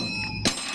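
After the last cartridge of an M1 Garand semi-automatic rifle is fired or cycled, the bolt stays locked open and the steel en-bloc clip ejects from the receiver. A single sharp metallic ping rings out at 0.5 s, a fairly typical sound, over a steady background with tonal hum lines. The clip is released from the action.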